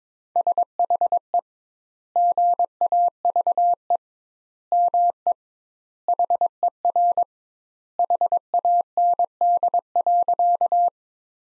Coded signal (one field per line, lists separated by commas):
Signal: Morse code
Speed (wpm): 22 wpm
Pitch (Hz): 700 Hz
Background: none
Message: SHE GAVE ME HER HAND.